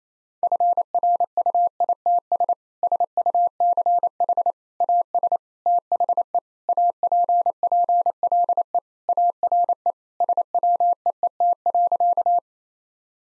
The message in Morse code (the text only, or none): FRUITS SUCH AS THE APPLE ARE SWEET.